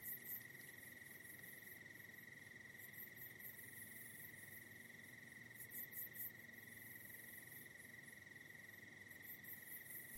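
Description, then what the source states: Cricket chirping in a steady high trill, with soft clustered pulses above it. Soft night ambience of crickets in the Hollywood Hills.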